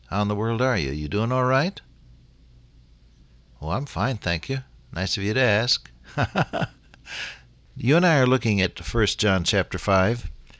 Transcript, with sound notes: How in the world are you, you’re doing all right? Oh, I’m fine thank you, nice of you to ask. [chuckle] You and I are looking at the first John, Chapter 5.